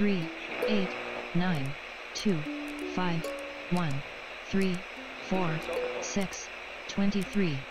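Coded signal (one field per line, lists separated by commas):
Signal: numbers station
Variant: English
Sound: a voice reads digits, eight nine two five one three four, over steady hiss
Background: radio static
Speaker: let's try it another station maybe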